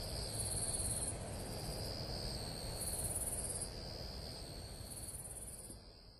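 Madara-suzu cricket giving three high, fine trills with pauses between, a steady lower tone alongside, and low background rumble fading toward the end.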